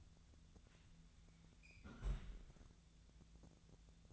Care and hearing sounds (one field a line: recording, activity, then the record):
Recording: daily activity, microphone in the room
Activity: close fridge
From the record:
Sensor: 3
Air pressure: 1000.0 hPa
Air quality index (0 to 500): 132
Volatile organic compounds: 2 ppm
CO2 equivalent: 1180 ppm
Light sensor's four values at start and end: 34/86/36/40 and 34/87/36/40